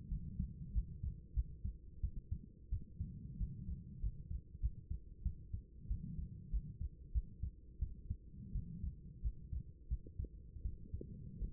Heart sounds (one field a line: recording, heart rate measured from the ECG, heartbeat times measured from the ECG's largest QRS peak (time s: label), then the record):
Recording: heart sounds by stethoscope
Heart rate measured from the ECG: 90 bpm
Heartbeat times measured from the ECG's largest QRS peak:
0.09 s: heartbeat
0.73 s: heartbeat
1.34 s: heartbeat
2.01 s: heartbeat
2.70 s: heartbeat
3.38 s: heartbeat
4.01 s: heartbeat
4.61 s: heartbeat
5.23 s: heartbeat
5.88 s: heartbeat
6.51 s: heartbeat
7.12 s: heartbeat
7.79 s: heartbeat
8.53 s: heartbeat
9.22 s: heartbeat
9.88 s: heartbeat
10.62 s: heartbeat
11.39 s: heartbeat
From the record:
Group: healthy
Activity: rest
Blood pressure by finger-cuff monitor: 134/61 mmHg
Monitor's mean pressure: 87 mmHg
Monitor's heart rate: 92 bpm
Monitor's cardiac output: 9.3 L/min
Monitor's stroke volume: 101 mL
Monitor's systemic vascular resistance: 690 dyn s/cm5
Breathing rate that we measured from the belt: 22 breaths a minute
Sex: female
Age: 24 years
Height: 163 cm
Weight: 55.7 kg